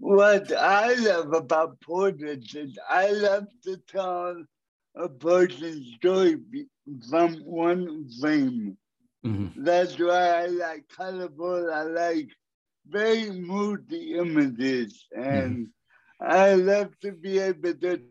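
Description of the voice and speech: Adult male speaker with dysarthria due to cerebral palsy; speech is broken up by frequent pauses, with some sounds drawn out.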